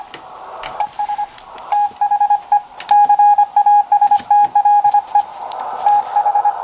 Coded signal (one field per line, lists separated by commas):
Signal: Morse code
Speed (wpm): 25 wpm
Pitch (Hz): 820 Hz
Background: none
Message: ES THE CASTLE TH